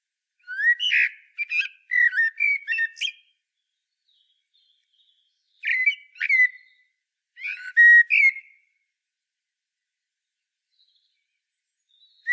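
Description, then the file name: Common blackbird song: fluting whistled phrases with high squeaky twitters, in bursts at the start, around six seconds and near eight seconds, and another beginning at the very end. "Turdus merula"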